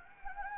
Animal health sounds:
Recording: mosquito wingbeat signal from an infrared sensor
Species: Anopheles gambiae

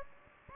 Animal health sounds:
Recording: mosquito wingbeat signal from an infrared sensor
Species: Aedes aegypti

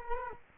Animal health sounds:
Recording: mosquito wingbeat signal from an infrared sensor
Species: Culex quinquefasciatus

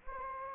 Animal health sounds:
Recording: mosquito wingbeat signal from an infrared sensor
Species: Anopheles gambiae

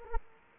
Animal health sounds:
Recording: mosquito wingbeat signal from an infrared sensor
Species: Culex quinquefasciatus

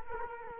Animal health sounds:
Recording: mosquito wingbeat signal from an infrared sensor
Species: Culex quinquefasciatus

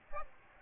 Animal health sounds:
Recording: mosquito wingbeat signal from an infrared sensor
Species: Aedes aegypti

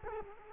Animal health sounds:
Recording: mosquito wingbeat signal from an infrared sensor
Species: Culex quinquefasciatus

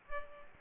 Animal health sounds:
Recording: mosquito wingbeat signal from an infrared sensor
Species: Culex quinquefasciatus

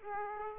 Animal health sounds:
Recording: mosquito wingbeat signal from an infrared sensor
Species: Aedes aegypti

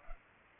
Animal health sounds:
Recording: mosquito wingbeat signal from an infrared sensor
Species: Culex pipiens

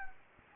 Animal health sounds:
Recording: mosquito wingbeat signal from an infrared sensor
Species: Anopheles gambiae

